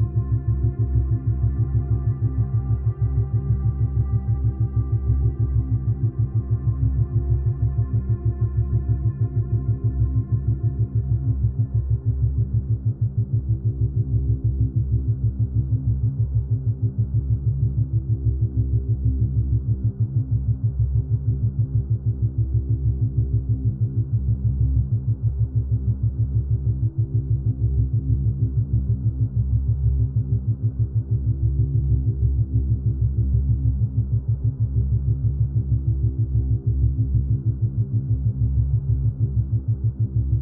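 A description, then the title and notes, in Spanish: Isochronic tones: a steady, low humming drone pulsing on and off in rapid, perfectly regular beats throughout. For the first ten seconds or so, fainter higher tones ring above the hum, then fade away, leaving only the deep throbbing pulse. Sonidos repetitivos (Isochronic Tones) diseñados en $0 y 6.5 HZ alternadamente.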